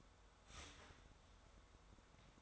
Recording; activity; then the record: daily activity, microphone in the room; start toaster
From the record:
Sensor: 3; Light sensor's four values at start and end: 4/10/3/4 and 4/10/3/4